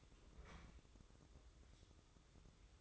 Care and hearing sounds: daily activity, microphone in the room; open fridge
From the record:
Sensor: 3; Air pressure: 995.2 hPa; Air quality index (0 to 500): 78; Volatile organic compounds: 6 ppm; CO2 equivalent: 1866 ppm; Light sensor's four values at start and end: 20/58/24/21 and 20/58/25/21

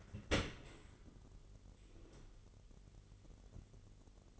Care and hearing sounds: daily activity, microphone in the room; open dishwasher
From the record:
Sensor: 4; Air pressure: 999.0 hPa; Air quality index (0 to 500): 125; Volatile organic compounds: 2 ppm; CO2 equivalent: 1227 ppm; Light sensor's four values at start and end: 7/18/7/7 and 7/17/7/7

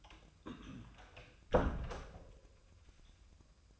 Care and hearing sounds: daily activity, microphone in the room; close door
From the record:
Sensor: 2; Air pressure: 1004.8 hPa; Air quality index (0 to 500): 73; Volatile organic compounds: 1 ppm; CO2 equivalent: 864 ppm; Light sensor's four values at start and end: 7/16/7/7 and 7/16/7/7

